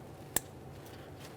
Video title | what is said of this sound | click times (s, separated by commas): How to Replace Air Ride Suspension Compressor 2011-2021 Jeep Grand Cherokee | For this one, you just want to press it in, listen for a click. | 0.4 s